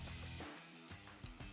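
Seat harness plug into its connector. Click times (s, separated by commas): 1.3 s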